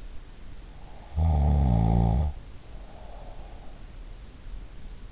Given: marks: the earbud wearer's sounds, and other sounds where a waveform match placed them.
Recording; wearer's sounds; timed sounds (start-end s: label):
sounds in sleep by an in-ear microphone; snoring breath
1.26-4.38 s: snoring breath